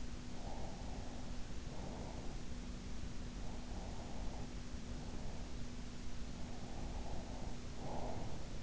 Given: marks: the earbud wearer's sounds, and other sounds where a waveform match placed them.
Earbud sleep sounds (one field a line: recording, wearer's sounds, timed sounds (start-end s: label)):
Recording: sounds in sleep by an in-ear microphone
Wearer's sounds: breath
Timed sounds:
0.28-2.56 s: breath
3.36-5.76 s: breath
6.26-8.63 s: breath